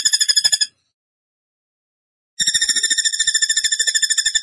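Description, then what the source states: Bird giving a short, high, rapidly pulsed trill, then silence, then a longer run of the same quick, even, ringing pulses. Masteran (training recording) of bird song in tembakan gacor style.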